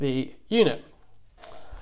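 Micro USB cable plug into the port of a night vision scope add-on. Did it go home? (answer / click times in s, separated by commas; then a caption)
yes / 1.4 s. A micro USB cable plug is pushed into the port on a BASE Optics NV90 night vision rear scope add-on. Someone talks first, then a short, sharp plug-in hit is heard at 1.4 s as the plug seats in the port.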